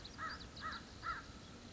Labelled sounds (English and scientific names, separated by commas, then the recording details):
American Crow (Corvus brachyrhynchos)
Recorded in Sonoma County, California